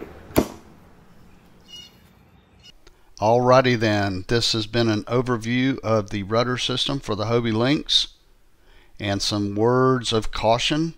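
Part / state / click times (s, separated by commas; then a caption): rudder assembly into kayak stern mount / seated / 0.4 s. A removable rudder assembly is pushed into its mount on the stern of a plastic Hobie Lynx kayak and snaps in place with a sharp click at 0.4 s. Someone then talks for the rest of the clip.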